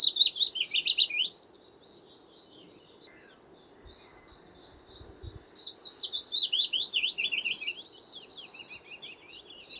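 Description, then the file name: Willow warbler song: a short phrase at the start, a quiet pause with faint chirps, then a longer phrase of sweet whistled notes. "fitis zang"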